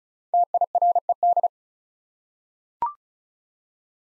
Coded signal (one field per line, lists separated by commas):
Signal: Morse code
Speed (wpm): 36 wpm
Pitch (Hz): 700 Hz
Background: none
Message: TIRED